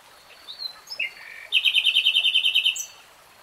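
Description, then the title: Nightingale song: a few short whistled notes, then a rapid, ringing trill of repeated notes lasting over a second. Singing in real time. "[Tiếng chim hót] 3 Hours REALTIME Nightingale Singing"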